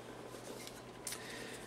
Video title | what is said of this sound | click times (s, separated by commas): 1/60 Scale Force Impulse Gundam Model Kit Review | This piece just pops right back on. | 1.1 s